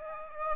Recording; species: mosquito wingbeat signal from an infrared sensor; Aedes aegypti